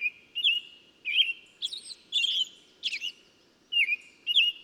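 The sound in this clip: A bird gives a string of chirpy song notes with short pauses between them.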